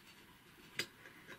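The stitch-length regulator on an old metal Singer sewing machine, unscrewed so it can be fitted, drops into position in the machine's mechanism. A short, sharp metallic tick is heard at 0.8 s over a quiet background. The regulator is seated in place.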